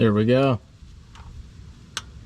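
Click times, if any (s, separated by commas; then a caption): 2.0 s. Someone talks briefly while a torque wrench tightens a fastener under a car during an oil change, most likely the oil drain plug. After a quiet stretch, the wrench gives a short, faint click at 2.0 s as it breaks over at its low torque setting, and the fastener is tight.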